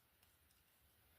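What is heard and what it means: With the feet flipped back out, a plastic upgrade kit piece is slid onto a Long Haul action figure. Faint plastic ticks sound near 0.2 s and 0.5 s, followed by a sharper tick at 1.2 s. The piece has not seated or clicked into place yet.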